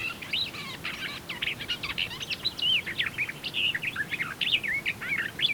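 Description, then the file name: Eurasian blackcap warbling song: a dense, hurried run of scratchy chirps mixed with clear whistled phrases, continuing without a break. "Sylvia atricapilla"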